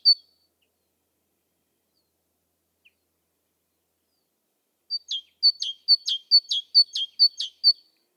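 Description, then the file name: Great tit song. One isolated high note is followed by a long quiet gap, then a steady string of paired notes, high then lower, repeated about seven times. "Parus major"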